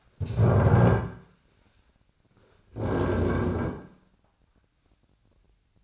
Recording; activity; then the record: daily activity, microphone in the room; stand up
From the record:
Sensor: 2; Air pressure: 1009.1 hPa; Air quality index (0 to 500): 171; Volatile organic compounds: 2 ppm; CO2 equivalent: 1251 ppm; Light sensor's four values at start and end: 29/78/33/35 and 33/88/37/39